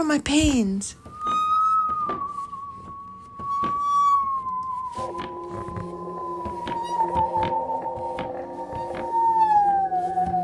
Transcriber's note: in an eerie, sing-song voice no one seems to hear